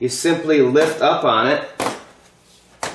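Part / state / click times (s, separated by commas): air filter media locking rib in an air cleaner housing / released / 2.8 s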